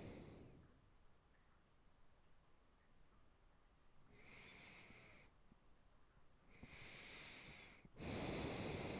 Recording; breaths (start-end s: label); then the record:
nose breathing near a microphone
0.00-0.72 s: exhalation
4.06-5.39 s: inhalation
6.55-7.92 s: inhalation
7.92-9.00 s: exhalation
From the record:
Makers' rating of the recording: good